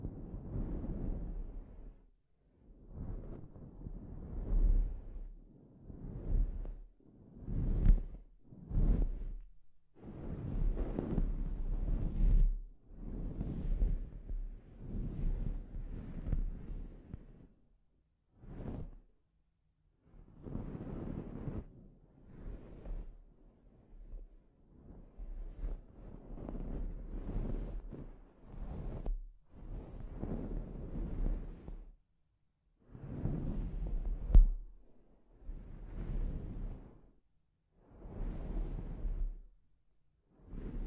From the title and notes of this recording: ASMR Sleep Inducing Scalp Treatment (No Talking).